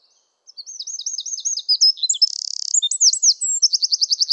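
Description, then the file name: Eurasian wren song: a rapid, loud, high outpouring of chirping notes, a dry buzzing rattle in the middle, then a fast even trill to finish. "Troglodytes troglodytes"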